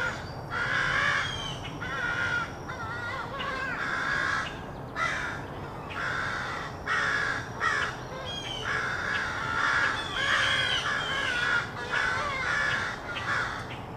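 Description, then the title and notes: Crows cawing in rowdy bursts, many harsh caws bunched together and separated by short pauses, over a low rumbling background. Rowdy crows loudly cawing in treetops of an urban park just after sunrise, with morning traffic; made while out with a camera. "Field Recording: The Wild and Raucous Sounds of Crows Cawing in the Treetops. keith dotson. the fine art photographer podcast. a field recording of rowdy crows loudly cawing in the treetops amidst the sounds of other birds -- and since this was recorded in an urban park -- also you may hear the sounds of morning traffic"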